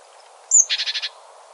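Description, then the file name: Great tit call: a thin, high descending whistle followed at once by five quick buzzy, scolding notes in a short chattering run, over faint steady background hiss. "Parus major"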